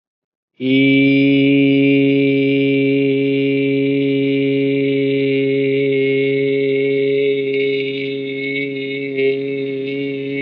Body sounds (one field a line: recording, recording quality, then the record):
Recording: sustained vowel as in made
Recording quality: excellent, no background noise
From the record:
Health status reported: COVID-19 positive, mild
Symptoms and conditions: none ticked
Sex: male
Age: 24 years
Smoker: not ticked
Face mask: not worn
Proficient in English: yes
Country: India